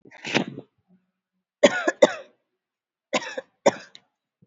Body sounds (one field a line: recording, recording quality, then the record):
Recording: heavy voluntary cough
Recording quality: excellent, no background noise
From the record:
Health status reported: COVID-19 positive, moderate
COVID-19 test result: positive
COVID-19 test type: RT-PCR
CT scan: not taken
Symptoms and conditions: cold, fever, muscle pain, diarrhoea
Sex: female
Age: 42 years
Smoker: no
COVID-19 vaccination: both doses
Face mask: worn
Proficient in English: yes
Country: India